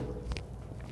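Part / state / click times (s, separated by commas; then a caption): 40V battery pack into cordless leaf blower battery slot / not seated / none. A 40V lithium battery pack is handled at the battery slot of a Hoover HVRPWR 40V cordless leaf blower, with brief sharp taps near 0.3 s and 0.4 s and a softer one near 0.8 s over low background noise. The pack has not seated or clicked into the slot yet.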